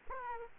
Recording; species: mosquito wingbeat signal from an infrared sensor; Aedes aegypti